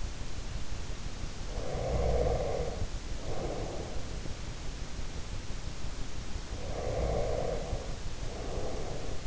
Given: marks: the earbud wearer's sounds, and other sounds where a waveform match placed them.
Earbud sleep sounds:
sounds in sleep by an in-ear microphone; breath
0.98-4.16 s: breath
6.57-9.27 s: breath

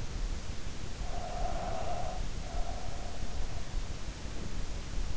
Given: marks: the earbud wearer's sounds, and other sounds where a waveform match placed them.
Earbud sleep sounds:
sounds in sleep by an in-ear microphone; breath
0.74-3.19 s: breath

